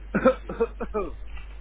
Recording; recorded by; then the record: voluntary cough; telephone call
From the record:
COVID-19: negative